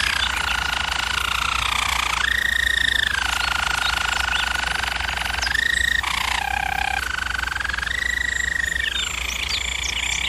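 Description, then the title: German Roller canary song: smooth continuous rolls shifting between two main pitches, with a short dip to a deeper hollow tour. German Roller canary singing, for canary training. "German Roller Canary Singing - Canary Training Vid"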